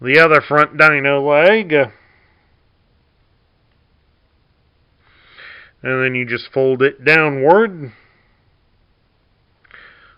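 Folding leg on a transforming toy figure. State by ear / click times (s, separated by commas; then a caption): seated / 9.6 s, 9.7 s. Someone talks while a plastic dinosaur leg on a transforming robot toy is folded downward. Two sharp clicks come in quick succession at about 9.7 s and 9.7 s as the leg locks into place.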